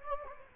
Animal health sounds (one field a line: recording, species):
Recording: mosquito wingbeat signal from an infrared sensor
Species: Anopheles gambiae